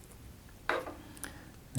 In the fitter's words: just a very gentle push down your feet pop into place then